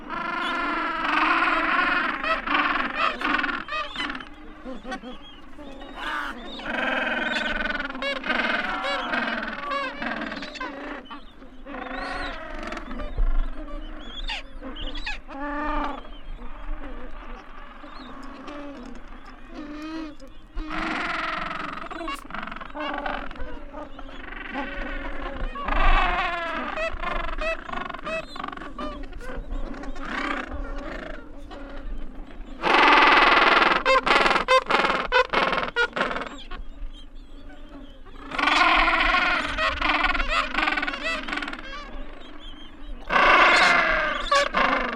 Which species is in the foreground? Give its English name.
Gentoo Penguin